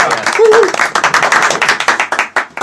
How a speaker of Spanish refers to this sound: Cuando quieras vuelve. Cuando quieras. Aquí están las puertas abiertas. Un aplauso. Bravo.